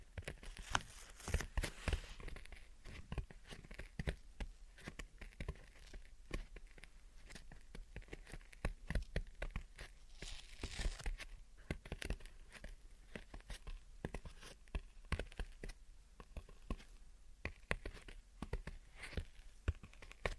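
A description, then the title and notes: Gentle tapping and scratching go on for the whole twenty seconds, a dense run of quick, crisp clicks and taps over a soft rasping scratch. The pace stays fairly even, with brief brighter bursts of crinkly scraping around two and eleven seconds. Gentle Tapping and Scratching. (No Talking).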